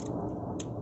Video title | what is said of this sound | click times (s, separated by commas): FlatBike : Pop-Off Pedals & a Folding Stem That Make This Bike Flat?! | Click. So it's good. | 0.6 s